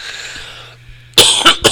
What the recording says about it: Caught a little something in my throat there. You can hear the host cough.